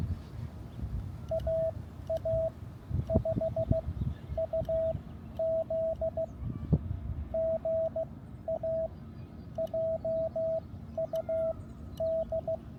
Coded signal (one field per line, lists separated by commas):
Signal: Morse code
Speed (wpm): 16 wpm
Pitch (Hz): 650 Hz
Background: none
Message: AA5UZ GA JUD